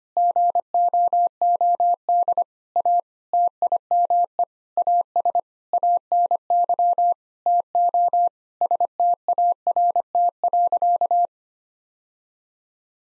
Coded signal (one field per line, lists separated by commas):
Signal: Morse code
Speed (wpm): 25 wpm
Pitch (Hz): 700 Hz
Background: none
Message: GOOD A TIME AS ANY TO START.